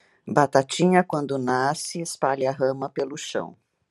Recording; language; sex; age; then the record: short text; Brazilian Portuguese; female; 60 to 69 years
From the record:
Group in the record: control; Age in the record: 60 years